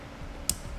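A trailer wiring harness T-connector with yellow and brown wires is lined up and pushed into the driver's side plastic wiring harness connector on a 2013 Chrysler Town and Country. A single sharp, bright click lands at 0.5 s over a low, quiet background, and the connector is seated.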